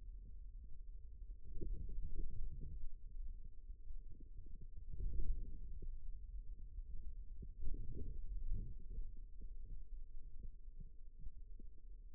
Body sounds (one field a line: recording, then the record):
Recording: forearm muscle sounds (acoustic myography)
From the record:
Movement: radial deviation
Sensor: system 2, bracelet of six BSWA MPA416 microphones around the upper forearm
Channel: 3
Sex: male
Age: 22 years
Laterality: right